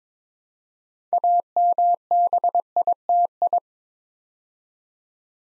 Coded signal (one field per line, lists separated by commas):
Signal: Morse code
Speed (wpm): 22 wpm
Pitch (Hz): 700 Hz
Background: none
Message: AMBITI